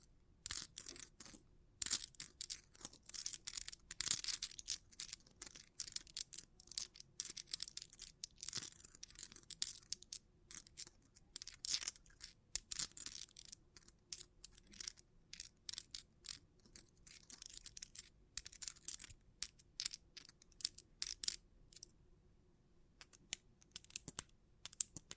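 Bling triggers: a dense, restless stream of bright clicks, taps and crinkling rattles runs the full length, irregular and quick with little pause. A faint low hum sits steadily underneath, and the clicking thins briefly around the 22-second mark before picking up again.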